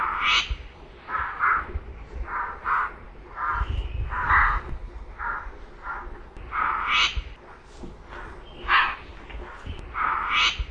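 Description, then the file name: Laughingthrush song: repeated hoarse, cawing notes in irregular series, with occasional higher raspy bursts, over constant low rumbling background noise. Therapy audio for a laughingthrush that has stopped singing. "terapi poksay macet"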